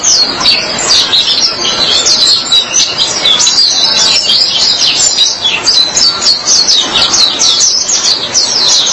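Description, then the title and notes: White-eye song, a busy, tumbling flow of thin high twitters and trills, continuous throughout, with steady background hiss. Chirping song. "Suara kicauan burung pleci"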